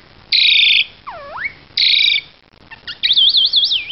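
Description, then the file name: Black-collared starling song: loud buzzy rasping bursts alternate with a low swooping whistle and a rapid wavering high whistled trill. "jalak hongkong omkicau"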